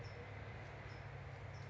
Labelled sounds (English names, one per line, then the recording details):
California Towhee
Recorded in Sonoma County, California